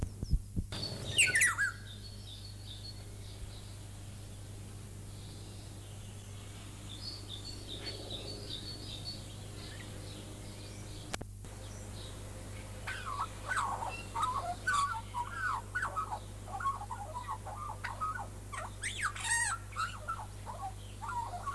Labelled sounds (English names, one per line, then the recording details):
Black-naped Oriole
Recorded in captivity
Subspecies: celebensis
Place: Zoo Berlin, Berlin, DE
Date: 2004-04-22 15:53
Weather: sunny, 22-24°C
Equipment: Fair Mate ST-1328 (Asahi Electronics, Japan), Sennheiser ME 80, Kopie Uher 4000 Report Monitor
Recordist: Tembrock, Günter